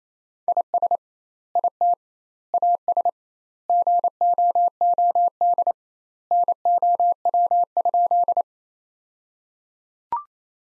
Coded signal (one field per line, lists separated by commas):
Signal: Morse code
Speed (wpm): 28 wpm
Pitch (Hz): 700 Hz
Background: none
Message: IS IT AS GOOD NOW?